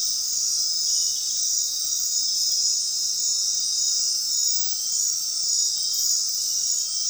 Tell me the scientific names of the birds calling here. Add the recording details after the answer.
none. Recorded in dense forest near Puerto Asís, Putumayo, Colombia, on 20 February 2024 at 22:00. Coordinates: 0.466, -76.327. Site G6413